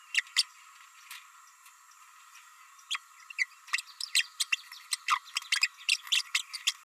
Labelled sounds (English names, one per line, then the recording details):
Green-rumped Parrotlet babbling
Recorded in a nest box in Venezuela
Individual 18B104A5